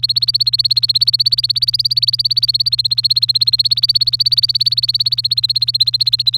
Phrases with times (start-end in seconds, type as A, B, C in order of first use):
0.00-6.37 A